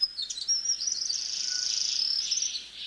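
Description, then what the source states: Forest double-collared sunbird song: a fast, continuous, high-pitched twittering run of thin chirps, sustained without pause for about three seconds. Two populations on separate eastern African mountaintop sky islands, isolated at least 500,000 years, still sing nearly identical songs.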